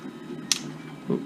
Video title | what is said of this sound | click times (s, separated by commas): RC Conversion - Bruder John Deere 9620RX Part 2 | got that snap down there | 0.5 s